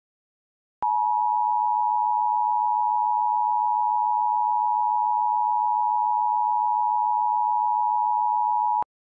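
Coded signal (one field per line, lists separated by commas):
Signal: Emergency Alert System (SAME) tones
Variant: 853 and 960 Hz attention tone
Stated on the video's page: Re-creation of a dust storm warning for the Phoenix metro area, using valid tones.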